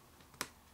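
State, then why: Seated. The plastic bottom cover of an Inspiron 15-5000 laptop is pressed back onto the chassis after a hard drive upgrade. A faint tick at 0.3 s leads into a sharp, bright snap at 0.4 s that fades quickly. The cover is seated and the seam is secure.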